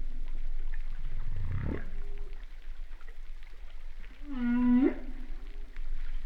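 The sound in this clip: Humpback whale song: a deep rumbling grunt, then a loud sustained moan with stacked overtones that sweeps sharply upward at the close.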